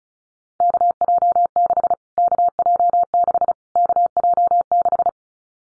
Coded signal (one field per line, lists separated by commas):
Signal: Morse code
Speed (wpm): 34 wpm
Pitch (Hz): 700 Hz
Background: none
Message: KJ6 KJ6 KJ6